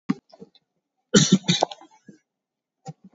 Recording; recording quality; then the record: heavy voluntary cough; excellent, no background noise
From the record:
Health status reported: COVID-19 positive, mild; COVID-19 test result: positive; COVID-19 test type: RT-PCR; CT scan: not taken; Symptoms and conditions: fatigue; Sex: male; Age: 31 years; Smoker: no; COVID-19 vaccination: none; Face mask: not worn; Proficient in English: yes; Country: India